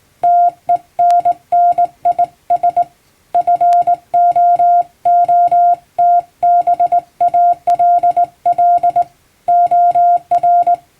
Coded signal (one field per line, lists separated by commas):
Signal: Morse code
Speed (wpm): 19 wpm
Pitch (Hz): 700 Hz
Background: music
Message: TENNIS FOOTBALL OR